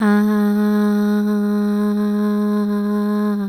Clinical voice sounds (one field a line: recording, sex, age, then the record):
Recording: sustained vowel /a/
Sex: female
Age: 30 to 39 years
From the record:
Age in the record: 32 years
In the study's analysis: included